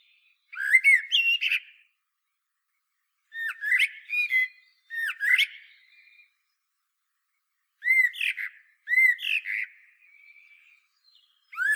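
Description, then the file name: Common blackbird singing in separate phrases with pauses between, each mixing mellow fluted notes with high, thin, scratchy notes. "Turdus merula"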